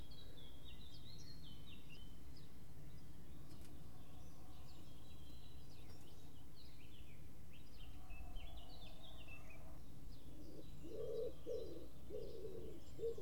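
Birds twitter with high chirps throughout; near the end a lower repeated call begins, all over steady low background noise.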